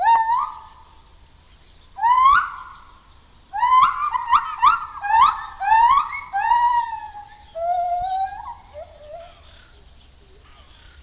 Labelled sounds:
Lar Gibbon call

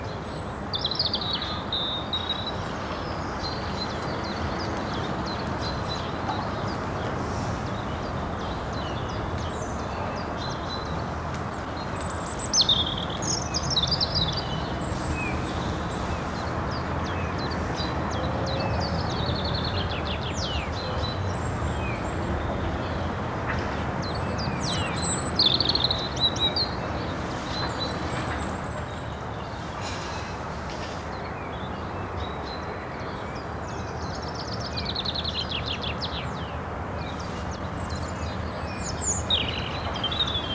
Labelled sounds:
European Robin song

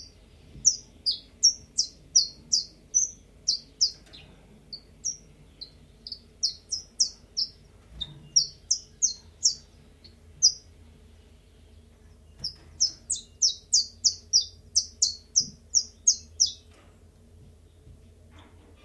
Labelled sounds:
Common Chiffchaff

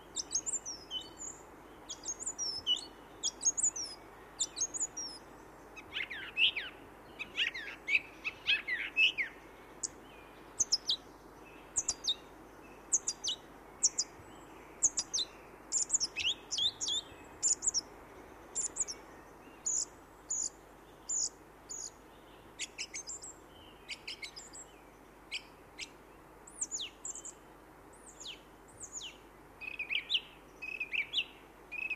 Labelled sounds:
Song Thrush song

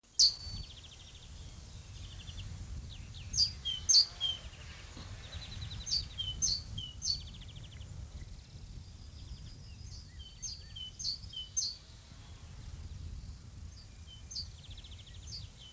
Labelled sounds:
Great Tit

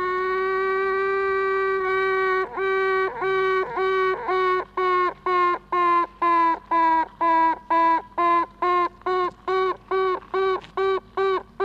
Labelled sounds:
Honey Bee

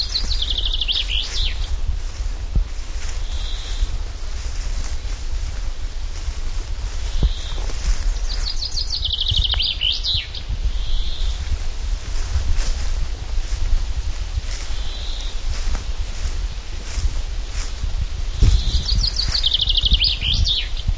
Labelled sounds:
Common Chaffinch song

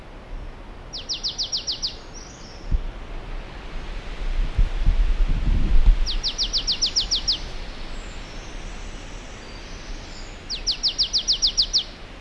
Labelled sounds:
Marsh Tit song

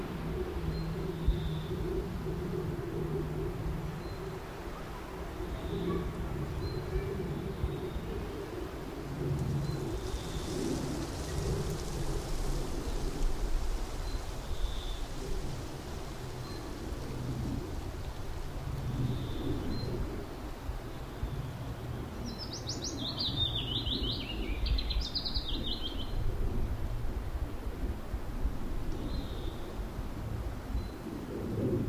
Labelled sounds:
Willow Warbler song

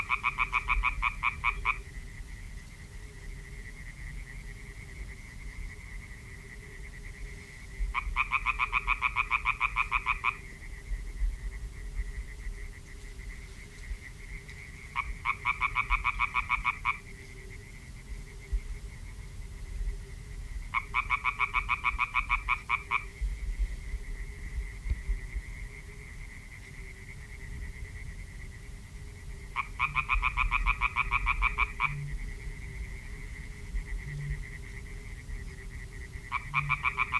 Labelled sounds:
Common Tree Frog call

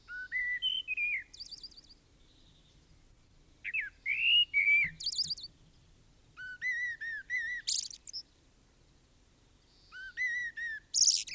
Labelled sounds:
Common Blackbird song

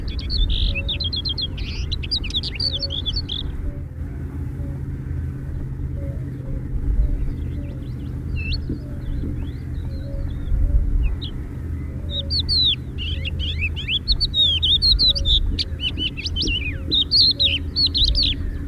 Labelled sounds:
Crested Lark song

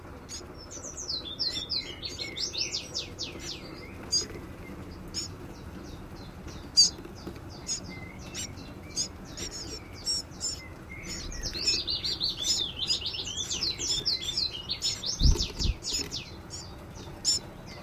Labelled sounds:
Common Chiffchaff

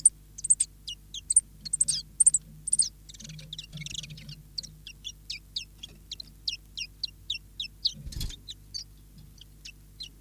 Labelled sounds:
Common Chiffchaff

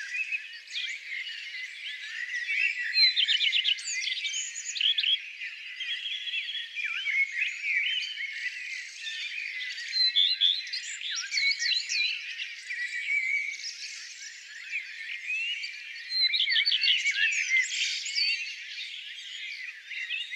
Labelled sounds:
Common Redstart song

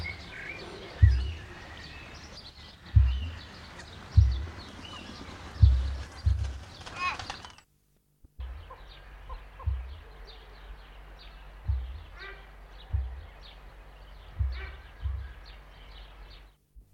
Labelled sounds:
Kori Bustard call

